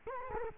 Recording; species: mosquito wingbeat signal from an infrared sensor; Culex quinquefasciatus